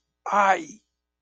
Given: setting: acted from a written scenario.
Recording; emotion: vocal sound without words; pain